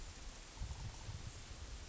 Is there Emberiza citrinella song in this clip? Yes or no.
no